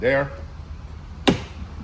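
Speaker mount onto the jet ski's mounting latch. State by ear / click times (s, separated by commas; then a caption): seated / 1.3 s. Someone talks briefly, then a billet speaker mount pushed down onto the mounting latch of a 2014–2026 Sea-Doo Spark Trixx jet ski gives a single sharp click at 1.3 s. The mount snaps home and is seated on the latch.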